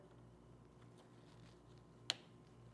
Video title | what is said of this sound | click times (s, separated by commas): Installing the Sylvania 7443ST Mini Incandescent Bulb SilverStar on a 2021 Ram ProMaster 2500 | you kind of hear it click sometimes that'll let you know it's secured all the way down and | 2.1 s